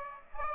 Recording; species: mosquito wingbeat signal from an infrared sensor; Aedes aegypti